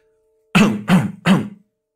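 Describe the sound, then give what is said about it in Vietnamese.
Three short, dry coughs in quick succession, each a harsh rasping burst with a low throaty rumble, like someone clearing their throat. No speech. “ho khụ khụ làm dấu, bất ngờ hiện thân chặn trước đường đi của hắc bạch vô thường, rồi hắng giọng ho khan vài tiếng.”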